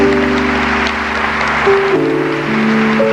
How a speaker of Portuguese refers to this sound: E aplaude. Aplaudamos a palavra de Deus que chega até nós.